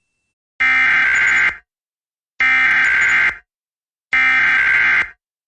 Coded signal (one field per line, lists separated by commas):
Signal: Emergency Alert System (SAME) tones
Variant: header bursts